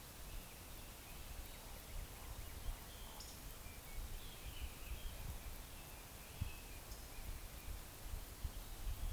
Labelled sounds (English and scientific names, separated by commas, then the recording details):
Eurasian Woodcock (Scolopax rusticola)
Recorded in Baden-Württemberg, Germany, on 11 June 2021 at 19:38 UTC
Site 45520, 595 m above sea level